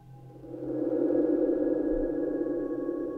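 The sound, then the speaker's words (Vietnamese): A bell rings with a crisp, sustained tone, its bright overtones holding steady and swelling slightly louder before lingering on without fading away. No one speaks. “Trong không khí vang lên tiếng chuông đinh đinh đang đang. Tiếng chuông nghe rất giòn tai.”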